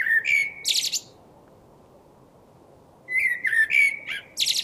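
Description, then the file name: Common blackbird phrase ending in a bright, squeaky high flourish. Then comes a two-second pause and another phrase of fluty warbled notes, again finished with a shrill twitter. "Turdus merula"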